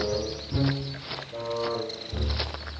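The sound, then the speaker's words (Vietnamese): Harsh, throaty calls of birds in a forest sound in a string of drawn-out squawks with strong low, buzzing tones, loud and overlapping, and a heavy rumbling surge near the start and again toward the end. “Những con chim bẩn thỉu này!”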